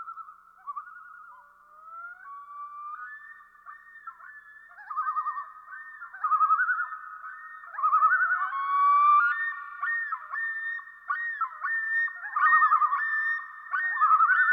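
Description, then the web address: Common Loon chorus, rising yodels and quavering tremolos from several birds overlapping continuously, growing louder in the second half. "Dan Gibson Wildlife Identification By Sound, Eastern North America Pt 1. Common Loon"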